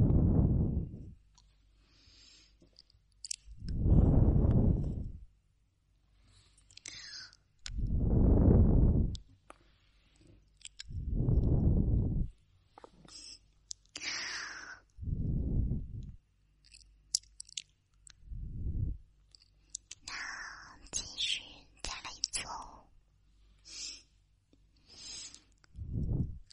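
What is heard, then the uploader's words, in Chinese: Ear-cleaning sounds: deep muffled whooshing swells every few seconds, with crisp scratchy clicks and rustles scattered between them, busiest around twenty seconds. 飞机轰炸硬质掏耳朵。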